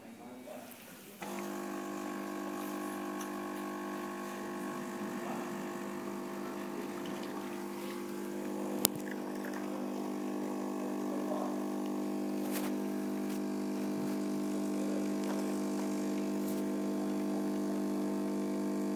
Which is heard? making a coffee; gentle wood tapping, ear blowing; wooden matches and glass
making a coffee